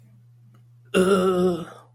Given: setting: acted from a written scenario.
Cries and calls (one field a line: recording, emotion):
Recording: vocal sound without words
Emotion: disgust